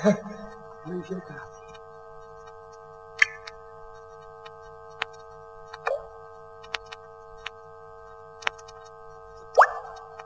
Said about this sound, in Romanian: Încă uite, a început să picure din tavan. O infiltrație!